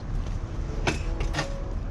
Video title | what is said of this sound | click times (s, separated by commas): LECTRIC XP BEST BANG FOR YOUR BUCK!!! GREAT FOR TRUCKERS!!! | hear that snap that's | 1.2 s